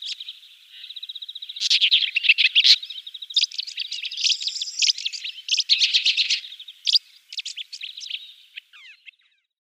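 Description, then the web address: Woodchat shrike song: dense, fast scratchy chatter and trills in varied phrases, trailing off at the end. "Schulze Peter Woodchat Shrike song"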